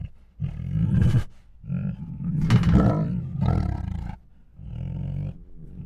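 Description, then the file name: Tigers giving rough, deep roars and breathy huffs in several bursts separated by brief pauses. Two hungry tigers making many huffs, moans and roars. "Two Tigers Make Many Hungry Huffs, Moans and Roars [Sound Ideas]"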